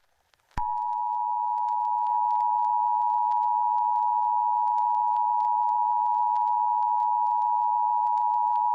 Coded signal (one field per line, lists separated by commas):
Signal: Emergency Alert System (SAME) tones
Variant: 853 and 960 Hz attention tone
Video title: Extraterrestrial (Alien Invasion EAS Scenario)